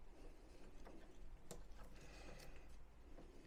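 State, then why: Not seated. A push-fit power cable connector is handled against its socket, with scraping and tapping over a steady low background and a brief sharp tick near 1.5 s. Nothing has seated or clicked yet.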